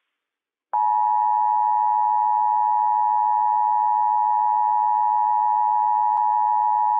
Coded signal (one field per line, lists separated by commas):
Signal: Emergency Alert System (SAME) tones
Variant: 853 and 960 Hz attention tone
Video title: Washington State EOC RMT - WWF56 - EAS #132 - 10:50 AM PDT 7/9/21